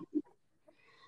There's also a snoring pug in the background. She's extra loud today.